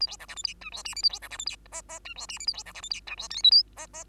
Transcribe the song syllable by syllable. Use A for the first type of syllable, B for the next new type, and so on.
A B C D E F G H I J A B C D E F K K G H I J A B C D E F G H L M N K K